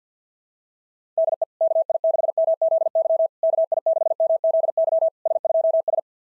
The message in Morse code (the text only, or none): DE KI6MZY KI6MZY S2S